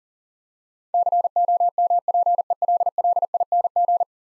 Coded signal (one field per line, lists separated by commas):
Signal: Morse code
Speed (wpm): 38 wpm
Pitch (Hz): 700 Hz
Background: none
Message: COMPELLING